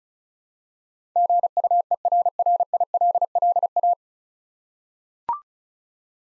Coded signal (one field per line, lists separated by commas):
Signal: Morse code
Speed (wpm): 36 wpm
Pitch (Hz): 700 Hz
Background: none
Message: GUERRILLA